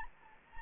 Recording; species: mosquito wingbeat signal from an infrared sensor; Anopheles gambiae